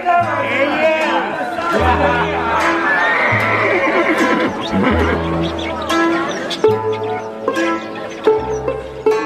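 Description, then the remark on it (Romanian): A white horse neighs and whinnies several times while hooves clip-clop underneath, all within a dense, busy layer of murmuring voices that stays loud throughout. “Până aici s-a fost drumul pe calul tău alb ca spuma laptelui.”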